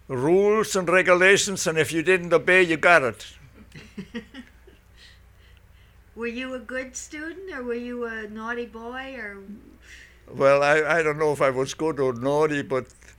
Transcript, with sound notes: rules and regulations, and if you didn't obey you got it.
( she laughs ) Were you a good student, or were you a naughty boy or...
Well, I don't know if I was good or naughty, but